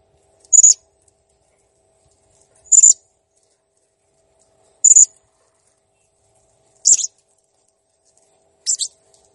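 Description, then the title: Blue-crowned hanging parrot giving sharp, very high, thin notes, five single chirps spaced about two seconds apart, with silence between. Master recording used for training cage birds; described as 'gacor jernih', meaning singing constantly and clearly. "Masteran Burung Serindit Ll Masteran Serindit Gacor Jernih"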